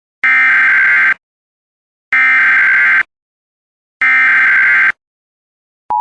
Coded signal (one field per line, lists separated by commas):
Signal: Emergency Alert System (SAME) tones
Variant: header bursts